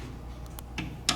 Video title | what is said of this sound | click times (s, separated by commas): Titanium 5 Blade | there's our click | 1.1 s